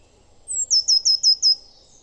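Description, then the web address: Eurasian blue tit giving a single quick burst of five or six high, sharply descending notes, clear against a quiet background. "cianscape. Deverinetal"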